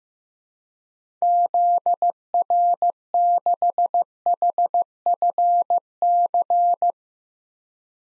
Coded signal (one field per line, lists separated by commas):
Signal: Morse code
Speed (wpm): 15 wpm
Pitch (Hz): 700 Hz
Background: none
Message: ZR6HFC